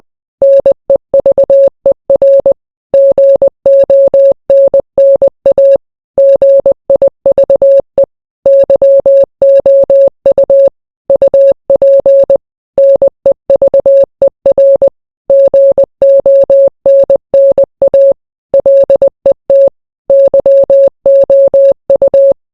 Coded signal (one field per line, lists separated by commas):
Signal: Morse code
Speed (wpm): 20 wpm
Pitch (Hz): 550 Hz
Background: none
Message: NEVER GONNA GIVE YOU UP NEVER GONNA LET YOU